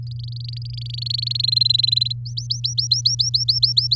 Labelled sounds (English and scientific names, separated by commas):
Domestic Canary (Serinus canaria) song